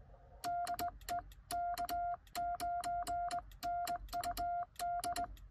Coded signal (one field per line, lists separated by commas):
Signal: Morse code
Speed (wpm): 19 wpm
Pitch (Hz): 700 Hz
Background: none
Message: DE K9NUD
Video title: POTA K-1001 10/12/2022 QRP CW using a Xiegu X6100 with a home-brew cootie sideswiper.